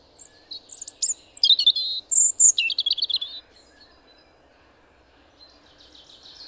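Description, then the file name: European robin song, a quick phrase of high tinkling whistles and rapid trills lasting about three seconds, followed by faint soft twittering. "Erithacus rubecula"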